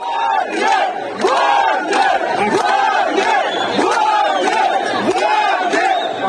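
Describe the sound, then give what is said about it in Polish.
A large crowd of protesters chants in loud, steady unison, voices rising and falling in a repeated rhythmic cadence roughly every second, with a continuous roar of many shouting voices underneath: residents of Rostov, Russia, picketing on a Friday night in June 2023 after the Wagner group entered the city. “Tak mieszkańcy Rostowa pikietowali w piątkową noc po wkroczeniu grupy Wagnera do Rostowa, głównego zaplecza logistycznego dla armii rosyjskiej działającej na terenie obwodów Donieckiego, Zaporowskiego i Ługańskiego.”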